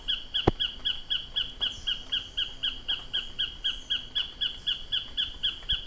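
Tacarcuna tapaculo delivering a regular run of short, emphatic notes.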